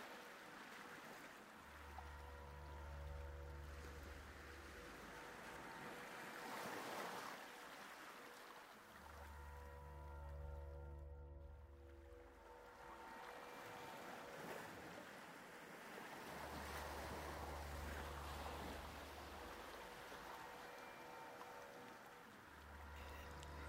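Ocean waves swell and wash in slow surges about every eight seconds, over a low droning hum that pulses in matching long bursts.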